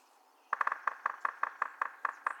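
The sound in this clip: Yellow-bellied Sapsucker drumming: a fast cluster of sharp knocks, then single taps at uneven, slightly widening intervals for about two seconds.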